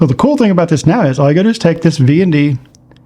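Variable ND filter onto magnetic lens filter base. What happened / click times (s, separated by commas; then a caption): The part is being handled and has not seated yet / none. Someone talks while holding a metal variable ND filter from the Freewell K2 magnetic system, about to drop it onto the magnetic filter base mounted on the lens. Speech fills most of the clip, then the room goes quiet apart from two faint ticks at about 2.9 and 3.0 seconds. The filter has not seated or clicked onto the base yet.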